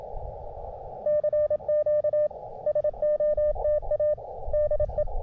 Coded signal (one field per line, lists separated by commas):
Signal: Morse code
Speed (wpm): 27 wpm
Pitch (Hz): 600 Hz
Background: none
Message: CQ SOTA DE